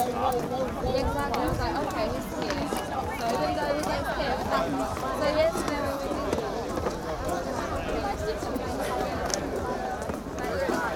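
A night walk through Glastonbury festival grounds, with a steady, dense wash of overlapping crowd chatter and voices throughout, no single sound standing out.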